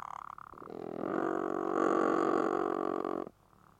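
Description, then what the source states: Little penguin giving one drawn-out buzzy, pulsing call lasting about two and a half seconds, swelling in loudness before stopping abruptly. Northern form of blue penguin.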